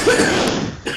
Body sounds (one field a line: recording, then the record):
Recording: coughing mixed with background sound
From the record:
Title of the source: 64 coughing, allergies, singing lungs